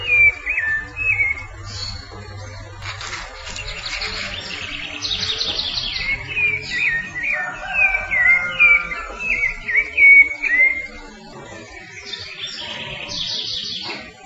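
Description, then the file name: Rufous-bellied thrush phrases of slurred fluty whistles mixed with high, buzzy chirping from other birds throughout. "Turdus rufiventris"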